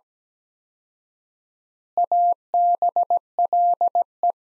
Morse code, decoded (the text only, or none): ABLE